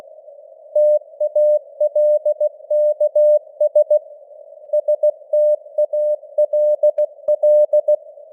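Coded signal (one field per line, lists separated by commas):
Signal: Morse code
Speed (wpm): 16 wpm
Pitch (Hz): 600 Hz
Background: none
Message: TALKS STALL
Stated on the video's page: News headlines sent at 16 wpm with simulated radio noise and varying signal strength (QSB).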